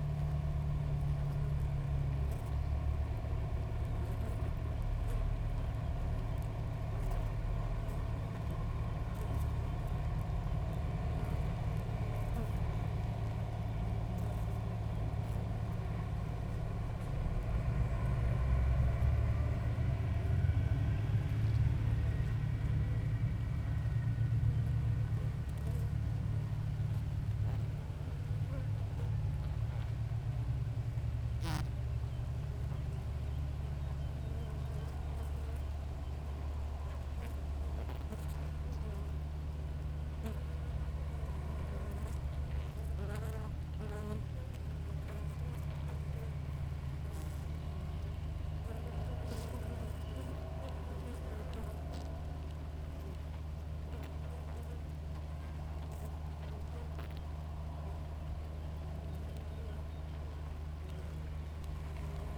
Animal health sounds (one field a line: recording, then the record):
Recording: honeybee colony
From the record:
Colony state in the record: active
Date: 28 July 2017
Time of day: 6:10